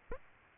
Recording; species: mosquito wingbeat signal from an infrared sensor; Aedes aegypti